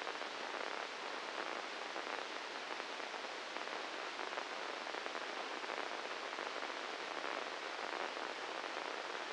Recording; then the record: brain microelectrode recording played as sound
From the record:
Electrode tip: inside the subthalamic nucleus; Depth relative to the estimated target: -3 mm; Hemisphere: left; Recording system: NeuroSet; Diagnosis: Parkinson's disease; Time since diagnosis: 10 years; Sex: male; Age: 56 years